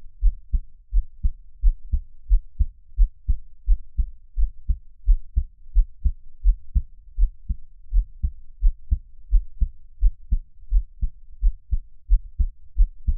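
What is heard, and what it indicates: Steady, low, muffled thumps come in paired beats at about 87 per minute with an even rhythm. There is no talking, only a faint room hum. It is an adult's own heartbeat heard close up for ASMR listening from Taiwan, best heard with headphones.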